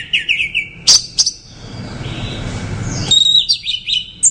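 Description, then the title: Orange-headed thrush singing quick slurred whistles and sharp chirps, with a brief pause filled by low hiss before the varied phrases resume. "Anis Merah"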